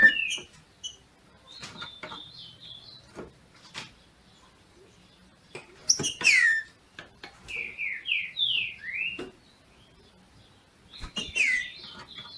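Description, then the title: Green-winged saltator singing short whistled phrases of level and falling notes, separated by quiet gaps, with occasional sharp clicks. Female singing in male style to stimulate the male. "FÊ MEA DE TRINCA FERRO MACHEANDO PARA ESQUENTAR O MACHO"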